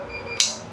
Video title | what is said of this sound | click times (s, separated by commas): HYTERA P30 POC RADIO: UNBOXING & FULL TUTORIAL GUIDE! | Ayon. So kung narinig niyo po 'yung click na 'yon, hindi na siya matatanggal. | 0.4 s